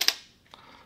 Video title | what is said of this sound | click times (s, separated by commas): Double Boomerang Flash Bracket System Rig: BBGv2 BBXL | then we take it to the camera align the holes snaps in place once again | 0.0 s